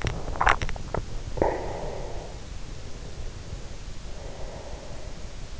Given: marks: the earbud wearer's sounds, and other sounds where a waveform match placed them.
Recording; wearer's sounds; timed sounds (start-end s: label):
sounds in sleep by an in-ear microphone; swallowing, breath
0.22-1.54 s: swallowing
1.20-2.50 s: breath
2.65-5.54 s: breath